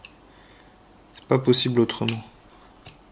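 Someone talks while handling the plastic rear cell housing of a 2016 Kyosho Optima RC car, which had been jamming at what seemed to be a badly clipped spot. Faint ticks are heard near the start and end, but nothing has seated or clicked yet.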